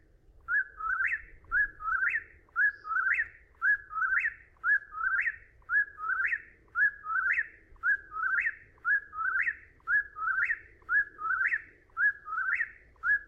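Whip-poor-will repeating its ringing whistled phrase, dipping then rising sharply, roughly every second in an unbroken rhythmic series, with soft low background noise.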